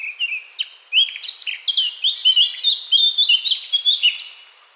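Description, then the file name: Eurasian blackcap singing a hurried, rich warble of clear whistles and scratchy notes, steady and loud throughout before trailing off at the end. "Sylvia atricapilla"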